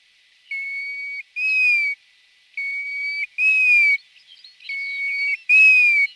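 Golden plover whistled calls, clear plaintive notes alternating between a level whistle and a slightly falling slurred whistle, the pair repeated about every two seconds.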